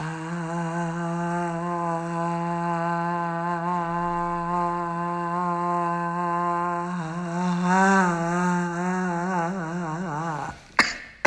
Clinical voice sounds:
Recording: sustained vowel /a/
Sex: male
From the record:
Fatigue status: fatigue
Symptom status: symptomatic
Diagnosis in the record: COVID-19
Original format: m4a

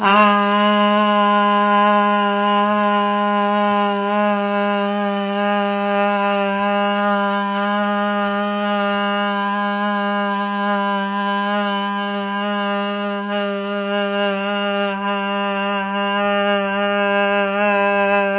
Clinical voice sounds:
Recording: sustained vowel /a/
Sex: female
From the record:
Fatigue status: no fatigue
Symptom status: asymptomatic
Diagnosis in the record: COVID-19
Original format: 3gp

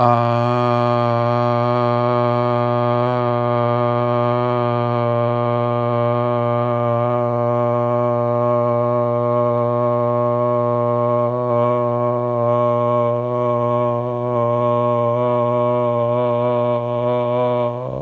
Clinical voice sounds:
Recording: sustained vowel /a/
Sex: male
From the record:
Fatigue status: no fatigue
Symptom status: asymptomatic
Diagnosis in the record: COVID-19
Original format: m4a

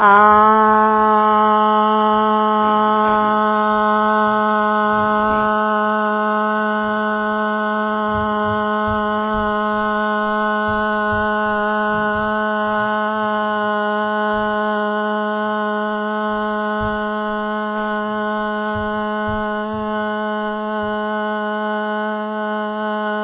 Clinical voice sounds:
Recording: sustained vowel /a/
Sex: female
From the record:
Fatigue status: no fatigue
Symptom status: symptomatic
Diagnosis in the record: COVID-19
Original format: 3gp

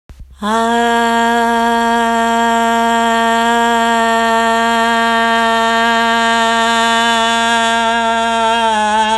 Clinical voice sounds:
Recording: sustained vowel /a/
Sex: female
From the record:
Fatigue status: no fatigue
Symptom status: asymptomatic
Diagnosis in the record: COVID-19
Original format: m4a

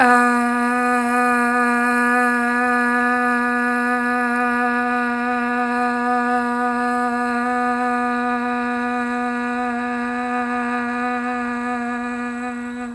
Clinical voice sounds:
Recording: sustained vowel /a/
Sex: female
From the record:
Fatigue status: no fatigue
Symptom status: asymptomatic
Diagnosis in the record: COVID-19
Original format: m4a

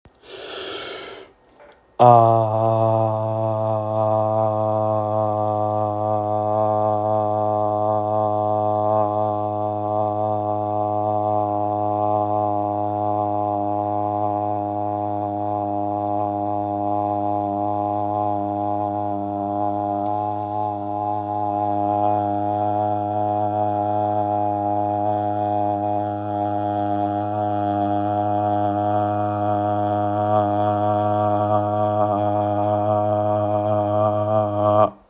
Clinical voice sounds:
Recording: sustained vowel /a/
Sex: male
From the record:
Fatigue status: no fatigue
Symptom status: asymptomatic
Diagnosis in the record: COVID-19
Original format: m4a

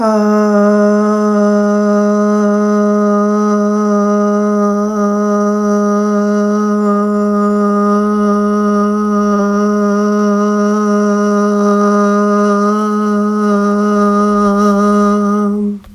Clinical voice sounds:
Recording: sustained vowel /a/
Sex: female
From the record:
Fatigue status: fatigue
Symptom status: symptomatic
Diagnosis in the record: COVID-19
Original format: m4a

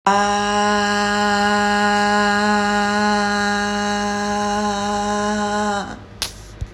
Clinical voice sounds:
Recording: sustained vowel /a/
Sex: female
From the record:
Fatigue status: fatigue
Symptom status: symptomatic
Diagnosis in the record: COVID-19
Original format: m4a

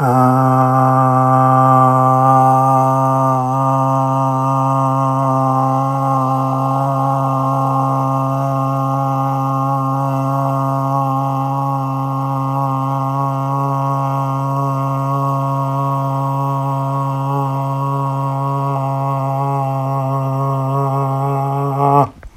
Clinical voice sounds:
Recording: sustained vowel /a/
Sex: male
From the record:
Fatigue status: no fatigue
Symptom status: asymptomatic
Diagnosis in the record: COVID-19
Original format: m4a

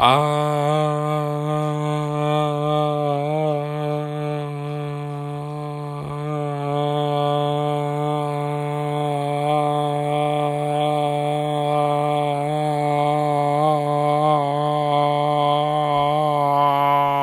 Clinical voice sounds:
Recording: sustained vowel /a/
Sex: male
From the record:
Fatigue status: no fatigue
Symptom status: symptomatic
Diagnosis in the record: COVID-19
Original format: m4a

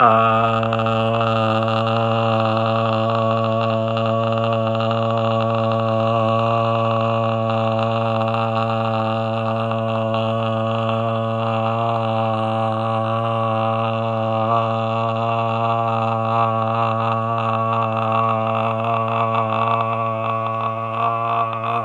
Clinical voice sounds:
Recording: sustained vowel /a/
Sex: male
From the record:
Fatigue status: no fatigue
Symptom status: symptomatic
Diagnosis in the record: COVID-19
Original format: m4a

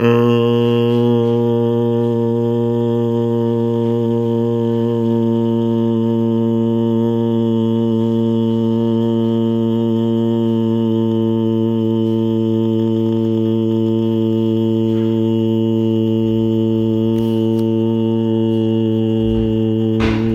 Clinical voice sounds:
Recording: sustained vowel /a/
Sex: male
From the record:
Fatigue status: fatigue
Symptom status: symptomatic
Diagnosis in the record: COVID-19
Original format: m4a

